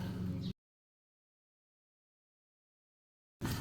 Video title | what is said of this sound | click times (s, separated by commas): Reset Brake Pad Life on Chevy Suburban Without Scanner. I think I'm the only person to discover this | That latch is not holding in there. So this latch is kind of trashed. | none